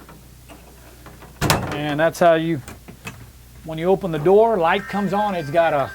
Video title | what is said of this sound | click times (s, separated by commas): 1997 Fleetwood Bounder 34P Used RV | this thing locks into place | 1.5 s